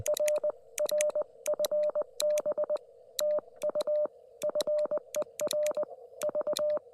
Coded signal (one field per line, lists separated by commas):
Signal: Morse code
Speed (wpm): 20 wpm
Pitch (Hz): 590 Hz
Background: none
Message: RR FB TU FER V